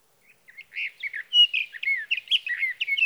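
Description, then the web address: Sage thrasher song: a fast jumble of warbled, slurred high notes that starts softly and builds into a steady run of varied phrases. "birdsongforthecurious songs Sage Thrasher"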